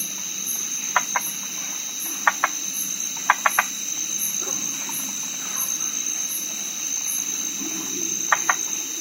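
White-lipped tree frog calling, short sharp barking notes in pairs and triplets at irregular intervals, over a constant shrill insect drone and high pulsing chirps.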